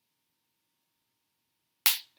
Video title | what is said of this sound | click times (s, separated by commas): Team Associated SC6 2 Build part 4 bag 2 step 3 4 5 6 7 | and that snapped right into place and no did not need them | 1.9 s